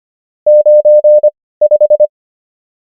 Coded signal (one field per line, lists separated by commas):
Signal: Morse code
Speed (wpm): 25 wpm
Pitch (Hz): 600 Hz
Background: none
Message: 95